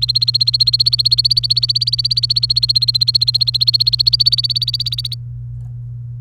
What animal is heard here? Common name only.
Domestic Canary